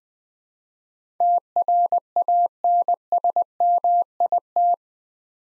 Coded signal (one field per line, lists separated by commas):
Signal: Morse code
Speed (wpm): 20 wpm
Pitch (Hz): 700 Hz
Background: none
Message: TRANSMIT